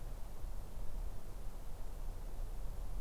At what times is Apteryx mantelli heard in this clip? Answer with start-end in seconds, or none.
none